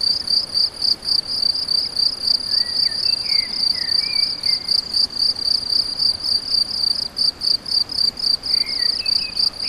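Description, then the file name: Rapid, insistent cricket chirps pulse evenly, while soft bird notes come and go in the background. Several crickets; recorded on an MZ-N710; dated 7 05 14. "MZ-N 710 Grillons 7 05 14"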